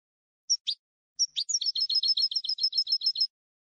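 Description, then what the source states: European goldfinch singing two brief high notes, then after a pause a sustained fast sequence of sharp, liquid twitters in steady rhythm. Clean goldfinch song recording on a CD made for copying, for song training.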